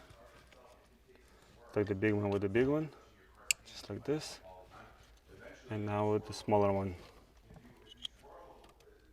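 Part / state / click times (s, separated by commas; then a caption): small wiring harness connector into remote starter key harness plug / not seated / none. During a remote engine starter installation on a 2014–2015 Kia Sorento, the smaller plastic wiring harness connector is handled and lined up with its mating plug on the MyKey Premium remote-start key harness while someone talks. Only faint handling noises are heard, and nothing has seated or clicked yet.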